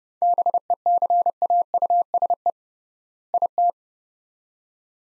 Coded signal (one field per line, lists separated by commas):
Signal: Morse code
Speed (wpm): 29 wpm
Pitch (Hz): 700 Hz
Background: none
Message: BECAUSE IT